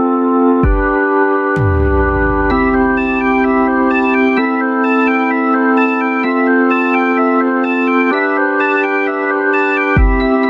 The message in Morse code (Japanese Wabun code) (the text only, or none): none